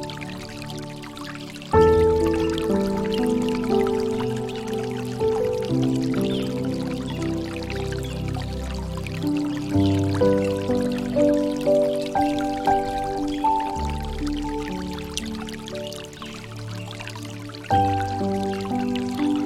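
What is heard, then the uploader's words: Soft piano chords ring out with long sustain, with fresh chords struck near 2, 10, 13 and 17.5 seconds. Behind them, a faint water sound drips and trickles steadily. The piano's low, warm notes dominate, while the water stays quiet and bright underneath. Piano, Water, and Music.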